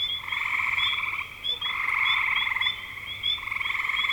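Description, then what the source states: Frog chorus of pulsed trills about a second long, separated by short gaps where calling briefly softens. Recorded in spring 2025.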